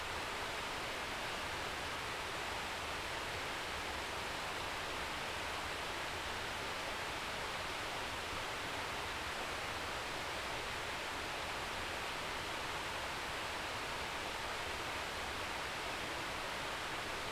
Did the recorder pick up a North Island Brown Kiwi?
no